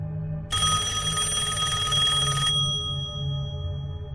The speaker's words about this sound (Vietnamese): Tôi bị tiếng chuông điện thoại làm cho giật bắn mình. Là ai đêm hôm lại gọi điện tới vậy nhỉ?